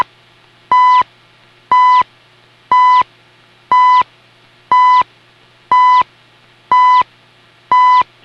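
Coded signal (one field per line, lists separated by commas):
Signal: radio time signal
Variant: CHU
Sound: eight short steady 1 kHz beeps, one each second, over quiet background hum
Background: low hum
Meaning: Each beep marks one second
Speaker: there are beeps at every second with a voice giving the time at each minute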